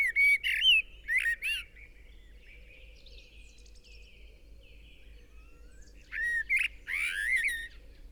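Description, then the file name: Common blackbird with rich whistled notes and shrill twittering ends, opening loudly, going quiet with soft chattering, then resuming with rising whistles and squeaks. "Turdus merula"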